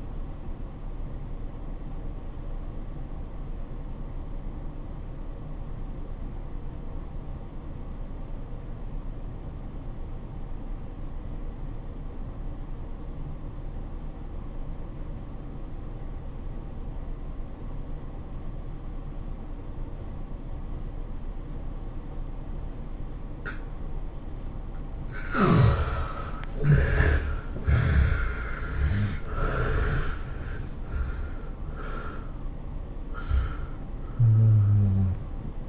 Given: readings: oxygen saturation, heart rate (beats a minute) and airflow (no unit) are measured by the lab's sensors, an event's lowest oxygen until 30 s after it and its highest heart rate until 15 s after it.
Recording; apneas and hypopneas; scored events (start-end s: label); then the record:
breathing in sleep by a smartphone at the bedside; 1
5.00-25.60 s: obstructive apnea (N1, oxygen 94% highest, then 68% lowest, heart rate 91 at the start, 112 highest)
10.00-35.69 s: new sleep stage, N2 (light sleep)
From the record:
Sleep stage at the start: N1 (lightest sleep); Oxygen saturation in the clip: 69 to 94%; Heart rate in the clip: 79 to 112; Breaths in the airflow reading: 4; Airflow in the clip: -15.2 to 15.5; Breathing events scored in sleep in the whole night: 403 in 5.5 hours asleep